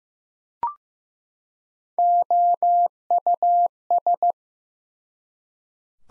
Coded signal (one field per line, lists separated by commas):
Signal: Morse code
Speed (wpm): 15 wpm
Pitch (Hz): 700 Hz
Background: none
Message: OUS